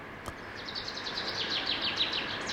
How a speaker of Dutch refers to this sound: Rob Buiter nam de eerste vinkenslag op.